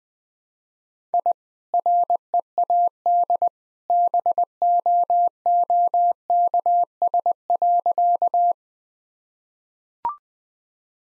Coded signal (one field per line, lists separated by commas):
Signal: Morse code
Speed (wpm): 20 wpm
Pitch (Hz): 700 Hz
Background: none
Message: I READ BOOKS.